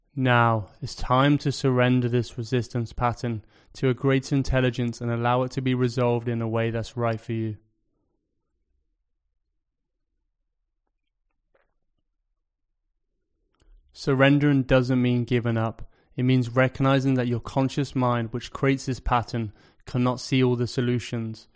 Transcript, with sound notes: Now it's time to surrender this resistance pattern to a greater intelligence and allow it to be resolved in a way that's right for you. [Pause 5 seconds] Surrendering doesn't mean giving up – it means recognizing that your conscious mind, which created this pattern, cannot see all the solutions.